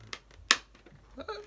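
A bent polycarbonate visor of a Uvex S8510 Bionic face shield is pressed at its side onto the plastic headgear mount, and a sharp, loud click at 0.5 s marks it snapping into place. A fainter tick comes just before, and someone talks afterward. The visor is seated on the headgear.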